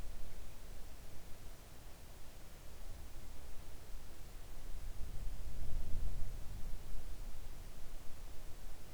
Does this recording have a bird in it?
no